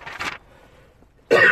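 A single harsh, noisy cough burst from an adult man, then near silence before another loud, abrupt noise at the end.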